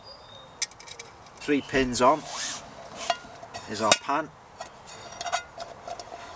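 A three-pin pot support is fitted onto a camping stove burner so the stove can take third-party cookware, with several small, sharp metal contact taps heard while someone talks. Nothing has seated or clicked yet; the clip ends just before the support locks into place.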